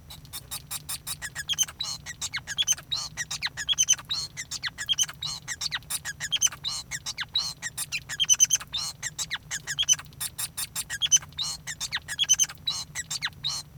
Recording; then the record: song of a male Bengalese finch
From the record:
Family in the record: son of father 5